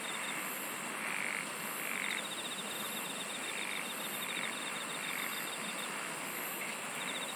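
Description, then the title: Insect chorus with quick ticking trills that start and stop over a constant high buzzing wash of many singers. "SINGING OF INSECTS"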